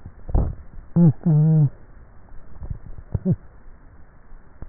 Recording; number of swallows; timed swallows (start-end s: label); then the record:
swallowing sounds by neck microphone; 2
0.25-0.98 s: swallow
2.55-3.02 s: swallow
From the record:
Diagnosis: dysphagia